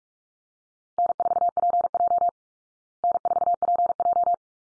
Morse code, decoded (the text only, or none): N4PJ N4PJ